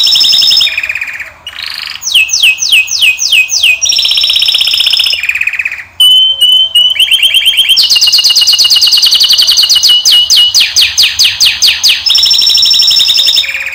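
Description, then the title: Canary song, loud and continuous, moving through tours of rapidly repeated notes: quick chirping trills, sharp rising sweeps and steady whistled rolls, each phrase changing to the next without pause. Male Belgian canary singing a lot; training song intended to warm up and teach young birds. "Esquente Seu Filhote E Canario Belga. Macho Cantando Muito. canary singing. canary training song"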